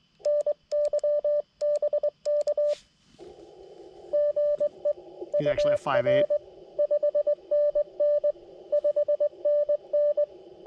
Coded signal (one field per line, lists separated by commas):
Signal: Morse code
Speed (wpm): 23 wpm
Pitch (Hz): 590 Hz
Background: speech, radio noise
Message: NYBK GE UR 5NN 5NN